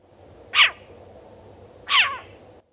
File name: Short-eared Owl